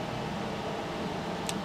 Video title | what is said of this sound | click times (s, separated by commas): Nikon FE2 Instructions Video Manual 2: Load Film, Change Batteries, Change Lenses, Double Exposures | very faint click you might not have heard that you'll know that your lens is mounted correctly if you can't budget | 1.5 s